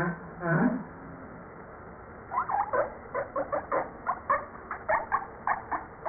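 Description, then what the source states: Humpback whale sounds: a low harmonic groan followed by a rapid series of short pulses over steady underwater hiss. Recorded 5 March 1994.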